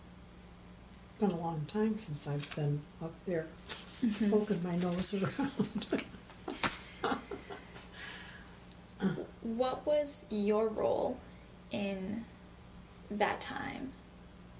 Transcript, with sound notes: It's been a long time since I've been up there poking my nose around [laughter].
What was your role in that time?